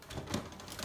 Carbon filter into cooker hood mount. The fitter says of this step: nyampe klek. Bunyi klek yang terakhir itu ada 3 ya.